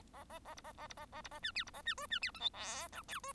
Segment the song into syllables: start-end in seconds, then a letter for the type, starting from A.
0.13-0.24 A, 0.30-0.39 A, 0.45-0.55 A, 0.56-0.61 B, 0.64-0.72 A, 0.77-0.87 A, 0.89-0.94 B, 0.96-1.06 A, 1.12-1.22 A, 1.24-1.29 B, 1.31-1.40 A, 1.43-1.52 C, 1.55-1.64 D, 1.66-1.71 B, 1.73-1.82 A, 1.85-1.94 C, 1.97-2.06 E, 2.10-2.19 C, 2.21-2.31 D, 2.34-2.40 F, 2.40-2.49 G, 2.53-2.88 H, 2.92-3.02 I, 3.08-3.20 J, 3.23-3.33 E